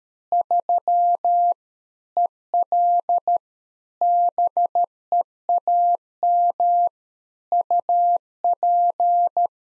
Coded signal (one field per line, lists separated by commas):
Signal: Morse code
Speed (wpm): 13 wpm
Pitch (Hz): 700 Hz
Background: none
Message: 3 EL BEAM UP